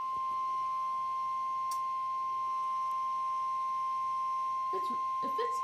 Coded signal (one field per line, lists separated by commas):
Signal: Emergency Alert System (SAME) tones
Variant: 1050 Hz attention tone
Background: speech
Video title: EAS #13 Severe Thunderstorm Warning